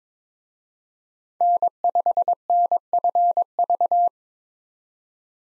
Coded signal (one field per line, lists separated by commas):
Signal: Morse code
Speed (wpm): 22 wpm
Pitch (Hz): 700 Hz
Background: none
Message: N5NFV